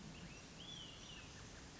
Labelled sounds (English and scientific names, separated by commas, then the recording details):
Olive-sided Flycatcher (Contopus cooperi)
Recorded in Sonoma County, California